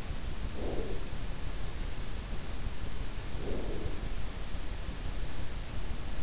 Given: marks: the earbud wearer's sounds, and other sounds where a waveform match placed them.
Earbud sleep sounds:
sounds in sleep by an in-ear microphone; breath
0.32-1.39 s: breath
3.08-4.38 s: breath

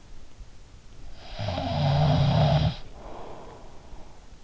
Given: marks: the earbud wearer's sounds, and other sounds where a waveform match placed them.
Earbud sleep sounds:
sounds in sleep by an in-ear microphone; snoring breath
0.97-4.20 s: snoring breath

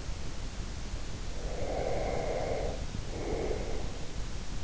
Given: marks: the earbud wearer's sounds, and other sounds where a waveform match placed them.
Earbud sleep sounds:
sounds in sleep by an in-ear microphone; breath
1.11-4.11 s: breath

